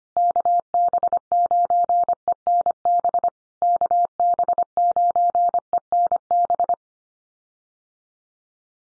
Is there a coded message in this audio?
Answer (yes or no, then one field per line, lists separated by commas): yes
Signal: Morse code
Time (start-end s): 0.2-6.7 s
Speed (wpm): 25 wpm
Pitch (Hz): 700 Hz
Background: none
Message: KB9ENB KB9ENB